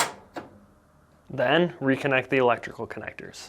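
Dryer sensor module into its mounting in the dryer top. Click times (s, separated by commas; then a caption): 0.0 s. A plastic sensor module, part number 395628P, is aligned and pushed into its mounting in the top of a Fisher & Paykel top-load dryer. It snaps into place with a single loud click at 0.0 s, followed by a softer tick near 0.4 s. After a short pause, someone talks.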